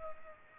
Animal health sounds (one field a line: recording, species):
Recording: mosquito wingbeat signal from an infrared sensor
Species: Aedes aegypti